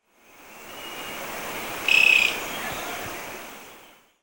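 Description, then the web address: Cinnamon-breasted tody-tyrant with a single quick, high trill of rapid pulses lasting a fraction of a second, heard over constant soft noise. Ecuador. "Birds of Ecuador. Cinnamon-breasted Tody-Tyrant"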